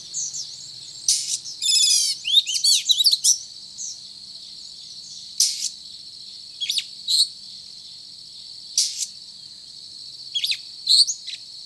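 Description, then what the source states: Oriental magpie-robin song: high, varied whistles, rapid rising trills and sharp chirps in bursts, separated by short pauses, over a steady high hiss. Called kacer locally; described as gacor, actively and vigorously singing.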